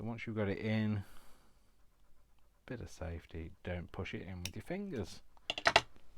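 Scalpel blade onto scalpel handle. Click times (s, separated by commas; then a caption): 5.7 s, 5.8 s. A metal scalpel blade is slid down onto the scalpel handle's fitting with a tool rather than fingers while someone talks. Two sharp clicks at 5.7 and 5.8 seconds mark the blade clicking into place. It is seated and shouldn't pop out.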